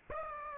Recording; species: mosquito wingbeat signal from an infrared sensor; Aedes aegypti